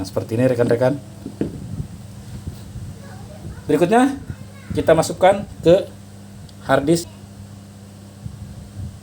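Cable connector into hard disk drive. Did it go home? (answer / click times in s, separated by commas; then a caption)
no / none. A SATA cable connector is handled at a hard disk drive's port while someone talks. A short sharp tap sounds at 1.4 s over a steady low hum, but nothing has seated or clicked into the drive yet.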